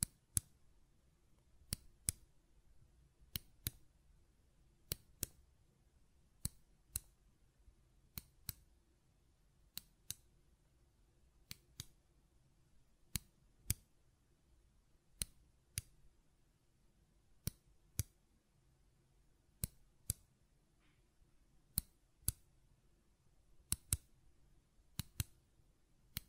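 Sharp, bright button clicks tap out at an irregular pace, often in quick pairs, roughly every second or two across the whole stretch. Between them sits a quiet, low hum with faint scattered rustles, and nothing else intrudes.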